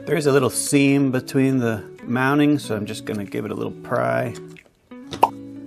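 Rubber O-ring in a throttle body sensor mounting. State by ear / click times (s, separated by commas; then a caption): released / 5.2 s. Someone talks while prying at the seam of a sensor mounting on a throttle body to release its rubber O-ring. After a brief near-silent pause, a sharp pop at 5.2 seconds marks the O-ring coming free of its seat, followed by a low steady hum.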